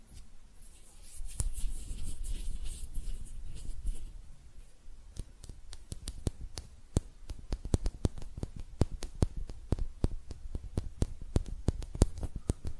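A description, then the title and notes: Hand sounds: soft rubbing and brushing for the first four seconds, then a quick, uneven run of sharp taps and clicks over a low rumble. ASMR Relaxing Hand Sounds (No Talking).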